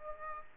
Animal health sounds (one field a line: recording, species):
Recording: mosquito wingbeat signal from an infrared sensor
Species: Aedes aegypti